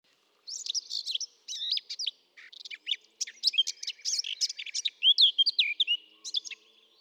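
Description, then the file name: Eurasian blackcap warbling: a fast, jumbled stream of high chirps, twitters and short whistles, broken by brief pauses, with a quiet background. "Sylvia atricapilla"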